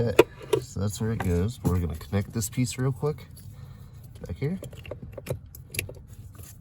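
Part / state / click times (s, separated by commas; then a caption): harness connector onto blower motor resistor / seated / 5.8 s. On a 2003 Chevy Silverado, a plastic wiring harness plug is pushed onto the back of a new blower motor resistor while someone talks. Small clicks and rattles follow, and the connector clicks into place at 5.8 s, seated.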